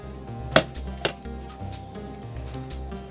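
A C-shaped retaining clip is pushed onto the shutter release button shaft of a Salted Line underwater camera housing for an A6xxx camera during maintenance. It gives a sharp click at 0.6 s, followed by a softer tap around 1.1 s, over low background music. The clip is seated and confirmed in place.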